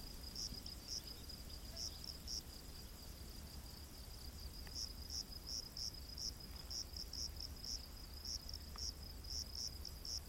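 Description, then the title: Crickets chirping in irregular bursts of quick high pulses over a steady high buzzing drone, with a low rumbling background noise throughout. Crickets calling in a humid rainforest at night. "Crickets of the Rainforest"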